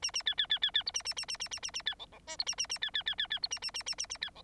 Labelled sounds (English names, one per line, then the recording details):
Bengalese Finch song
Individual Bird9